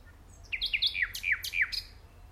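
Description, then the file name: Common nightingale song phrase of several descending slurred whistled notes in quick succession. "Luscinia megarhynchos"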